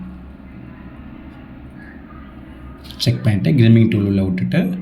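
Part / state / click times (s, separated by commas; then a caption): RJ45 plug on an Ethernet cable before crimping / not seated / none. A plastic RJ45 plug on an Ethernet cable is checked to make sure the cable has not slipped out, then placed into a crimping tool before crimping. A low steady background hum fills the first three seconds, and then someone talks from about 3.0 s to the end. Nothing has clicked yet.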